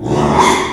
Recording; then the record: squeal of a Yucatan mini pig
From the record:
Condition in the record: after surgery on the right vocal fold (resection and tissue-engineered implant); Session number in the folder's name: 3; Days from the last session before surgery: 33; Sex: male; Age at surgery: 12 weeks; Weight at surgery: 13 kg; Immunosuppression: cyclosporine, prednisolone